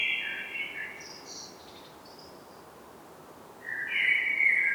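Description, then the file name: Common blackbird song: a short fluty phrase around the middle range fading into a faint high twitter, then a second phrase beginning near the end over a steady background hiss. "Turdus merula"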